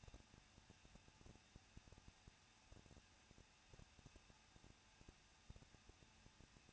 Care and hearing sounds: daily activity, microphone in the room; no activity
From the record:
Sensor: 2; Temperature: 21.0 degrees Celsius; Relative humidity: 37.3%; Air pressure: 1006.3 hPa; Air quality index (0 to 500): 221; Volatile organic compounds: 23 ppm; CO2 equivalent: 2793 ppm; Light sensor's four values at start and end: 2/3/2/2 and 2/3/2/2

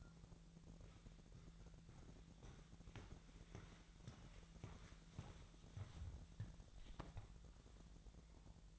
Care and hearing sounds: daily activity, microphone in the room; walk to room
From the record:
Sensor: 3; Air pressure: 1012.2 hPa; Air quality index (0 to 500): 138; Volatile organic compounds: 2 ppm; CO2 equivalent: 1058 ppm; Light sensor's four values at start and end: 148/356/147/138 and 43/91/42/43

